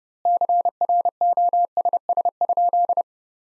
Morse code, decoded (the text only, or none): CROSS?